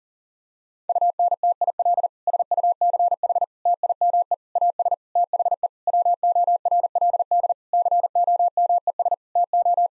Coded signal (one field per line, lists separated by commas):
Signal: Morse code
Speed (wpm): 40 wpm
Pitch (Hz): 700 Hz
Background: none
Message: UNTIL SUCH TIME AS THE WORLD COMES TO